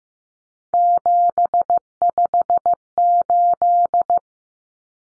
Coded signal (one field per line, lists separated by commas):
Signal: Morse code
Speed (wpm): 15 wpm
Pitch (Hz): 700 Hz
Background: none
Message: 758